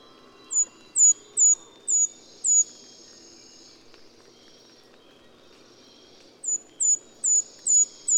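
Golden-crowned Kinglet song heard twice: five piercingly high, thin notes, a pause of several seconds, then another run of high notes.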